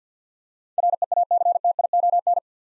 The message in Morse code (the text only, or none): REACTION